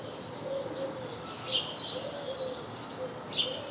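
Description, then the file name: House sparrow chirps: two short, sharp, downward-sweeping notes about two seconds apart over faint background noise. "Passer domesticus"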